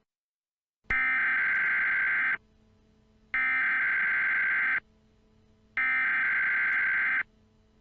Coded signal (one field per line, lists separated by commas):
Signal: Emergency Alert System (SAME) tones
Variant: header bursts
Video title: EAS Scenario 40: Chessy Fever